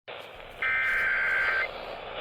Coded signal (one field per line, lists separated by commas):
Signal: Emergency Alert System (SAME) tones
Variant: header bursts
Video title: Eas svr on kwkh 1130am Eas#639